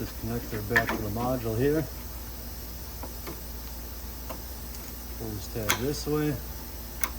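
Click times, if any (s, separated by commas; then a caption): 7.0 s. A wiring connector is reconnected to a control module on a 2017 Chevy Express / GMC Savana during diagnosis of a crank-no-start fault. Someone talks, then a quiet pause follows. A sharp click at 7.0 seconds is heard as the connector's locking tab is pulled over and snaps into place, seating the lock.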